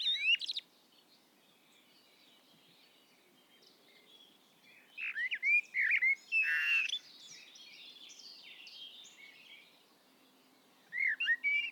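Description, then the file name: Common blackbird song, a short fluted snatch at first, then a fuller phrase of warbled notes and a strained squeaky ending, with another brief phrase at the close. "Turdus merula"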